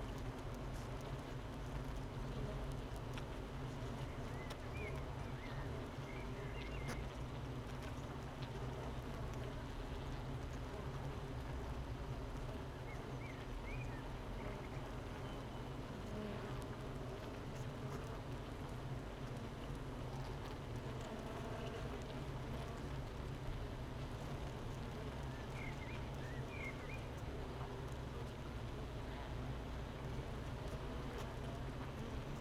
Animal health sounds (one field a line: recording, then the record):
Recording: honeybee colony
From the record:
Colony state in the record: missing queen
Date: 31 May 2018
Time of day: 8:25